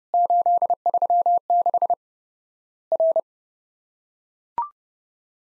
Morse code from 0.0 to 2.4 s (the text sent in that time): 836